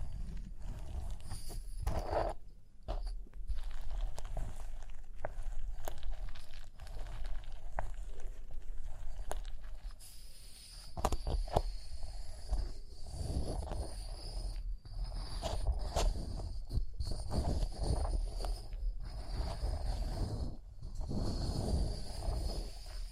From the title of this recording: Rhinestone Tapping, Scratching, Brushing